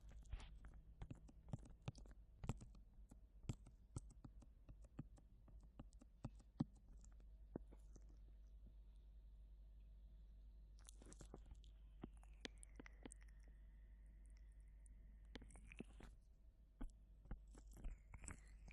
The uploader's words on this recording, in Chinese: 耳朵按摩特輯，無人聲。